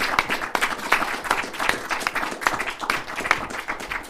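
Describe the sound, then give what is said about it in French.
An audience claps steadily for several seconds to call up the makers of two films in competition to join the host. It is a dense, even wash of many hands with a bright, crackling texture and no voices standing out. “On va vous applaudir pour vous faire venir.”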